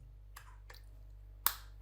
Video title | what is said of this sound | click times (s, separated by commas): [Review] VFC / Umarex H&K P7M13 GBB #airsoft #gbb #vfc #hecklerandkoch | This solution isn't pretty, but at least it clicks into place cleanly. | 1.5 s